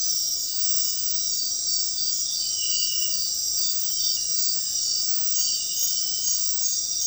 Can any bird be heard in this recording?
no